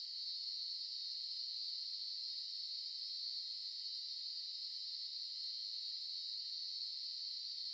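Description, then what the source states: Cicadas keep up a dense, constant whining buzz without pauses or changes in pitch. Cicadas in Melbourne.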